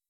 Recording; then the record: hydrophone in a shrimp aquaculture tank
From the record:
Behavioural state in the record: weakened